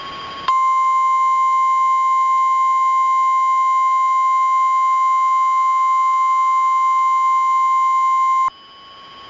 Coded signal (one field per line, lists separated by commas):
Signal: Emergency Alert System (SAME) tones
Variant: 1050 Hz attention tone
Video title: If CDC Toned the Message - EAS Mock (READ DESC)